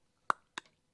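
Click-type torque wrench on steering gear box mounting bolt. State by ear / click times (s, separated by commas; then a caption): torque reached / 0.3 s. A click-type torque wrench tightens a mounting bolt on the steering gear box of a 1994-2000 EZGO TXT 4-seat golf cart. The wrench breaks over at its set torque with a sharp click at 0.3 s, followed by a fainter second click and a small rattle about a quarter second later. The bolt reaches its set torque.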